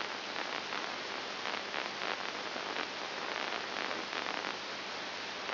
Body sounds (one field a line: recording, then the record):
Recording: brain microelectrode recording played as sound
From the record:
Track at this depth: inside the subthalamic nucleus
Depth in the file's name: 6.101 mm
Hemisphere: left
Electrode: 2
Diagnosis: Parkinson's disease